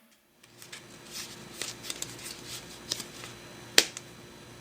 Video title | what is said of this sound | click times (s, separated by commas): Triple Fold Card | did you hear that click isn't | 3.8 s